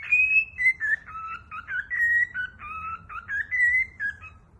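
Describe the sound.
Cockatiel whistling a tune, clear tonal notes held briefly and sliding between pitches, phrases running almost continuously.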